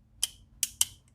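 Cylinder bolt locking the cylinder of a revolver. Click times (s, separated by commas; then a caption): 0.2 s, 0.6 s, 0.8 s. The hammer of an Uberti black-powder revolver is cocked slowly, giving sharp mechanical clicks at 0.2, 0.6 and 0.8 seconds, followed by a faint tick near 1.1 seconds. The cylinder bolt snaps into its notch, and the cylinder locks in place.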